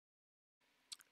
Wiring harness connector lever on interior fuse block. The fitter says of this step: line up the connector to its spot then you will pull the lever back down and make sure it clicks into place